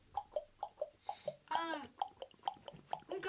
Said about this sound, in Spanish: Un caballo, estupendo.